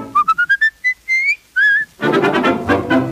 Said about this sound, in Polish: Gdy skoro świt, budzę się zdrów, zaraz składam usta me w ciup, jestem wnet wszystkiego rad i gwiszczę na ten cały świat. Bo ja lubię gwizdać, to przyjemność dzika, w ustach mieć słowika.